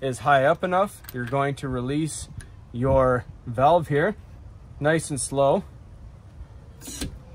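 Someone talks while the hydraulic release valve on a Caterpillar 4-ton all-in-one combined bottle jack and jack stand is opened slowly, and the ram lowers. At 7.0 s the steel stand settles onto its lock with a short, soft clunk, and the stand is seated.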